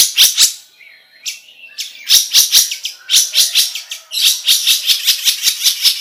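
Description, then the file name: Long-tailed Shrike giving bursts of harsh, ringing repeated notes, separated by brief pauses and a few thin squeaky calls. "suara cendet"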